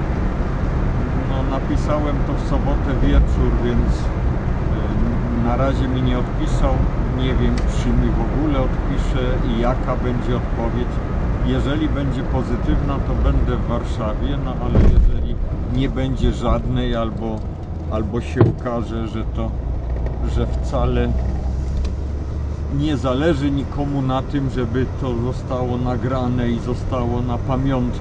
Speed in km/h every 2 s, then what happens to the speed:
82, 82, 79, 78, 76, 73, 65, 51, 32, 21, 22, 28, 35, 40.
0-7 steady at about 79. 7-17 brakes to 21. 20-28 speeds up to 40.